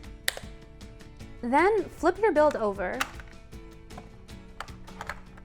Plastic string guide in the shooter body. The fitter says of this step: Push until you hear a click.